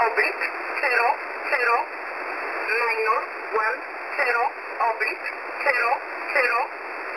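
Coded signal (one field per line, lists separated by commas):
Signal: numbers station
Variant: E11 Oblique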